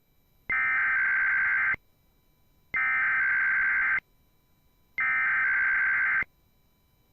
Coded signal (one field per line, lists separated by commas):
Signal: Emergency Alert System (SAME) tones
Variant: header bursts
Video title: (10/04/2021) IPAWSCAP Weeklies (EAS 424-429)